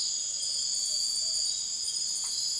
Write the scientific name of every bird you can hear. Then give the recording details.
none. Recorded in dense forest near Puerto Asís, Putumayo, Colombia, on 19 February 2024 at 02:00. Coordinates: 0.502, -76.326. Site G6460